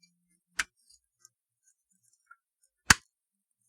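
Rubber shock mounts are pressed onto the plastic posts inside a Nintendo GameCube console. Two loud snaps ring out at 0.6 and 2.9 seconds, with a few faint ticks in between. The mounts are seated, leaving the part shock mounted.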